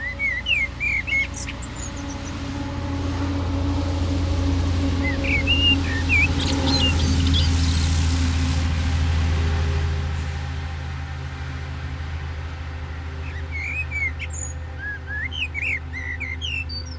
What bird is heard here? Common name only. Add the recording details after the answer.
Common Blackbird. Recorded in the wild. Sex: male. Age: adult. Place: Lörrach, Baden-Württemberg, DE. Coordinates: 47.6164, 7.67083. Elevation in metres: 306. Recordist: Tretzel, Erwin